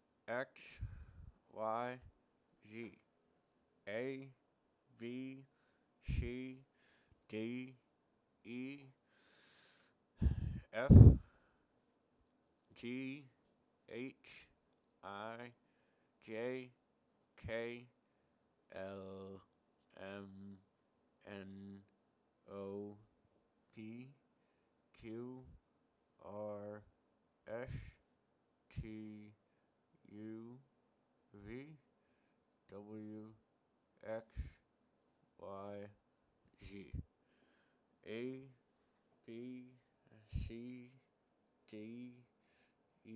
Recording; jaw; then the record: letters of the alphabet, spoken; constrained by a bite bar between the teeth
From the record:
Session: first day, right after the free take